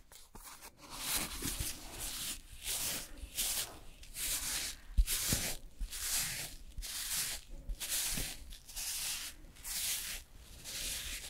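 Makeup and hair styling, heard as a regular run of bright, hissy brushing strokes, roughly one per second, each a short swish with quiet gaps between. Soft low taps and handling knocks sit underneath, with a sharper knock around five seconds.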